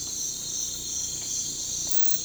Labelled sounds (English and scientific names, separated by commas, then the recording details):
none
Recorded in pastures near Puerto Asís, Putumayo, Colombia, on 18 December 2024 at 04:00
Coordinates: 0.466, -76.322
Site G040